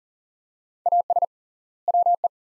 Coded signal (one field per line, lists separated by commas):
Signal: Morse code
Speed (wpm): 40 wpm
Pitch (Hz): 700 Hz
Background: none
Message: AS WE